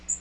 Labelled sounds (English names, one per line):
Magnolia Warbler flight call